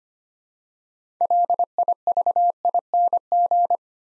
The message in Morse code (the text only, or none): LIVING